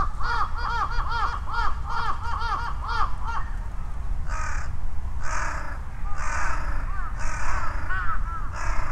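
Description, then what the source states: Crows cawing in a rapid run of repeated caws, then slower drawn-out harsh calls, over low traffic rumble. Crows calling and responding to each other, with vehicle rumble; Sunday noon, Ichimiyake, Yasu City, Shiga Prefecture, Japan; Sony PCM-M10 with omnidirectional mics on bicycle handlebar bag.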